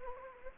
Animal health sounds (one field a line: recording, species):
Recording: mosquito wingbeat signal from an infrared sensor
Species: Anopheles gambiae